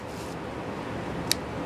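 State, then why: Seated. The engine control lever of a wooden U-Gears "Aviator" mechanical model aircraft kit is pulled back against a steady low background hum. It clicks into its detent position at 1.3 s with a single short, sharp high-pitched tick, applying the brake to the spring motor.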